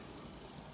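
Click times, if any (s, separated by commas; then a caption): none. A metal connector shield plate is being pressed back over the connectors on an iPhone 5s logic board during a power button cable replacement, so that it stays in place. Faint, quiet handling ticks appear against low background noise, with a brief sharp high tick right at the end around 0.8 s. The clip ends before the plate goes home; nothing has seated or clicked yet.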